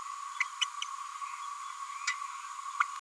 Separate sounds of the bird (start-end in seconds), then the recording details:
0.61-0.65, 0.82-0.84, 2.80-2.83. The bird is a female. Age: 31 days. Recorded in a nest box in Venezuela. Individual 17B102A6